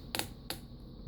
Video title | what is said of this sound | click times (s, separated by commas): Overview of Trakline Ratchet Belt By Kore Essentials With A Party Trick | And that just slides right in there, and then you'll hear it click, | 0.2 s, 0.5 s